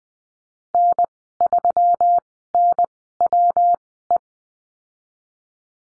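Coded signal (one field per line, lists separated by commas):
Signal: Morse code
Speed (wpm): 20 wpm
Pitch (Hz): 700 Hz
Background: none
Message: N3NWE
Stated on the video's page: Morse code course lesson at Farnsworth speed 20/10 wpm, letter F in call signs.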